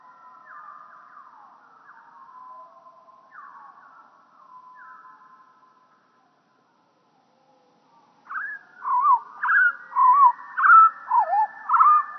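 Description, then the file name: European pied flycatcher song at lowered pitch: faint slurred sweeps at first, a pause, then loud, bouncy, swooping whistled notes in quick succession. Pitch lowered ("moins deux"). "GOBEMOUCHE NOIR"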